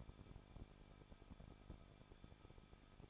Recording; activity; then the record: daily activity, microphone in the room; no activity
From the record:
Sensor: 5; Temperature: 20.8 degrees Celsius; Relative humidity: 38.4%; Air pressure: 1006.5 hPa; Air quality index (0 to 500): 189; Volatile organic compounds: 19 ppm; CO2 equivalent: 2671 ppm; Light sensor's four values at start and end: 2/3/1/1 and 2/3/1/1